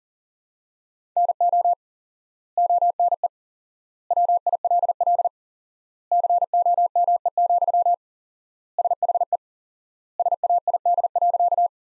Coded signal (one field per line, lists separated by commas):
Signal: Morse code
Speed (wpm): 40 wpm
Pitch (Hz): 700 Hz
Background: none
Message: NO ONE WILL COME, SHE SAID.